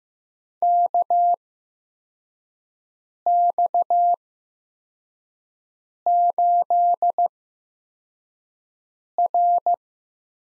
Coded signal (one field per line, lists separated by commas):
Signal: Morse code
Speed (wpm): 15 wpm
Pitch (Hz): 700 Hz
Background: none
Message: KX8R